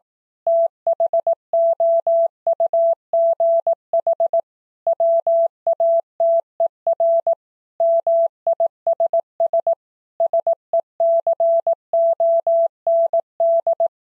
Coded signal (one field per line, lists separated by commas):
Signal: Morse code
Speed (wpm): 18 wpm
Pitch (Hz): 670 Hz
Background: none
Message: THOUGH WATER MISS SECOND